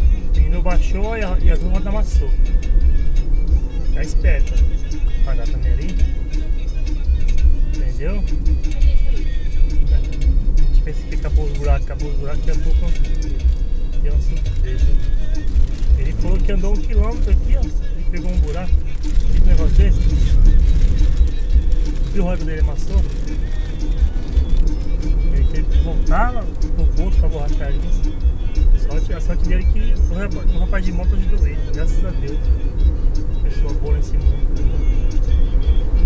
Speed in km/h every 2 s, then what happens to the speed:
61, 59, 58, 51, 50, 50, 50, 52, 51, 55, 58, 63, 69, 72, 72, 73, 74, 76.
0-7 slows to 50. 7-16 steady at about 50. 16-36 speeds up to 76.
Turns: none.